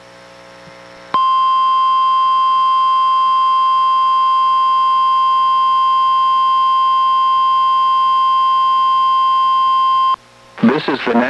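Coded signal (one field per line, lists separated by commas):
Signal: Emergency Alert System (SAME) tones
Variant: 1050 Hz attention tone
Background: speech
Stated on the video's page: NOAA Weather Radio Required Weekly Test from the National Weather Service, relayed by a weather radio station, received on a Reecom R-1630 weather radio and recorded through a Zoom H1.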